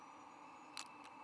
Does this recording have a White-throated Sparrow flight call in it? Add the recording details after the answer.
no. No flight call is heard. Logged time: 22:03 on 13 November 2014